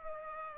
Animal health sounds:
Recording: mosquito wingbeat signal from an infrared sensor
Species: Culex pipiens

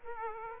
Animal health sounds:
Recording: mosquito wingbeat signal from an infrared sensor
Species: Aedes aegypti

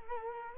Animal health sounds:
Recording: mosquito wingbeat signal from an infrared sensor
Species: Culex quinquefasciatus

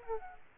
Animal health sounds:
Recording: mosquito wingbeat signal from an infrared sensor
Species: Aedes aegypti

